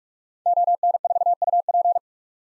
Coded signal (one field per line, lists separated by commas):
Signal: Morse code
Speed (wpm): 47 wpm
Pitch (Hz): 700 Hz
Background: none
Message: ON4UP